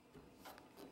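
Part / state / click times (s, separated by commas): pole push-button into hub sleeve of portable ice shelter frame / not seated / none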